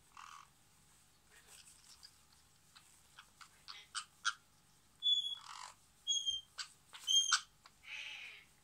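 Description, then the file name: Parrot chattering with harsh squawks, clicks and short high whistled notes. "zvuk popugaya"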